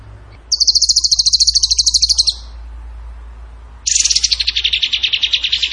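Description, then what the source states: Bird song: a long high trill of rapid repeated notes, a pause, then a second, lower, slightly falling trill. Masteran (training recording) of bird song in the tembakan gacor style.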